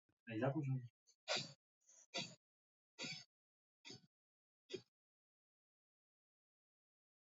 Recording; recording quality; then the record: shallow breathing; poor, much background noise or distortion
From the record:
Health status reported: healthy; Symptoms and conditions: hypertension, diabetes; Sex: male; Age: 52 years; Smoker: not ticked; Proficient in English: yes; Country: India